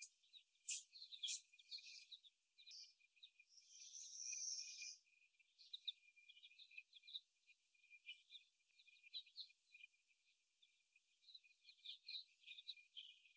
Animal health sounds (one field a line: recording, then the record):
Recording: young laying hens in a cage, short pieces joined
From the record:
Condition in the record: before the stressor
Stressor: simulated dog barking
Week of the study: 1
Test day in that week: 1